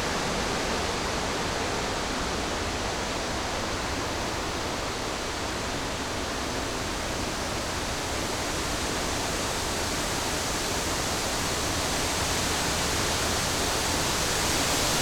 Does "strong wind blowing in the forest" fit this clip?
yes